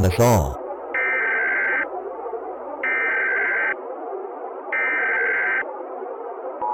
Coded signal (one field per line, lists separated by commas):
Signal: Emergency Alert System (SAME) tones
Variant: header bursts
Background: speech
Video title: EAS Scenario - Area 51 Alien Escape - Emergency Alert System